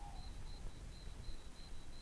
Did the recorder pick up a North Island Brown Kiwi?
no